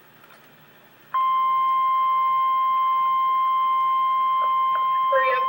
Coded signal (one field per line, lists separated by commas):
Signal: Emergency Alert System (SAME) tones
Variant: 1050 Hz attention tone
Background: speech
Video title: REAL EAS 945-SVR